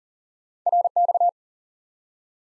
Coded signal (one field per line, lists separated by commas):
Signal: Morse code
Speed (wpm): 40 wpm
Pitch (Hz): 700 Hz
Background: none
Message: RX